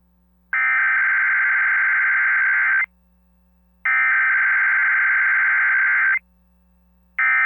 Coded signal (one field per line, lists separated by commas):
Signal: Emergency Alert System (SAME) tones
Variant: header bursts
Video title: The Test Show Episode 12: Melbournes Unexpected Return & Alert Ready Day - 11/15/2023